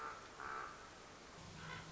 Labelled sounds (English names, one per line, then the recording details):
Common Raven
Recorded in Sonoma County, California